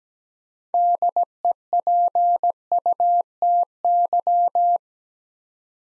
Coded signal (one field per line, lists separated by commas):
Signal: Morse code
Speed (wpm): 17 wpm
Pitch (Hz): 700 Hz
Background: none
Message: DEPUTY